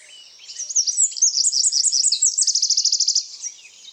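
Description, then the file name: Eurasian wren singing a rapid, high, sparkling phrase that speeds into an even trill. "Troglodytes troglodytes"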